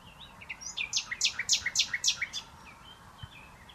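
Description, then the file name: Common nightingale song phrase: a rhythmic series of loud, sharp, downslurred notes in quick succession, with soft twittering before and after. "Luscinia megarhynchos"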